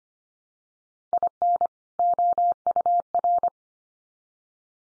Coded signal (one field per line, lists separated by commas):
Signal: Morse code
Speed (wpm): 25 wpm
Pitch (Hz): 700 Hz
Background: none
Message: IN OUR